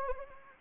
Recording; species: mosquito wingbeat signal from an infrared sensor; Anopheles gambiae